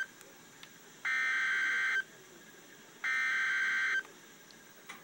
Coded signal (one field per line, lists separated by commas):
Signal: Emergency Alert System (SAME) tones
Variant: header bursts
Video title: REAL EAS 368-Tornado warning